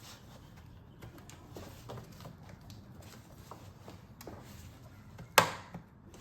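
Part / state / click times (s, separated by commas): plastic air intake duct end onto airbox/intake fitting / seated / 5.4 s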